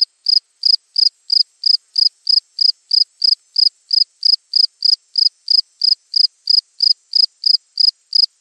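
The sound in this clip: Cricket giving rapid, evenly paced high chirps, about three per second, on a clean quiet background.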